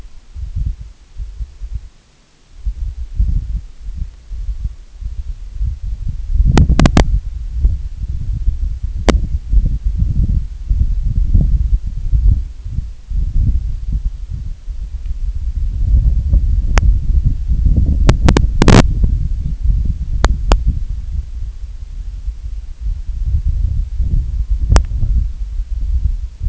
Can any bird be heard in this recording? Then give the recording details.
yes. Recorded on Arctic tundra, site IGLO-A, on 25 June 2018. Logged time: 01:59